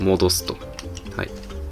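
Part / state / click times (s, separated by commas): head mechanism into a transforming toy robot body / not seated / none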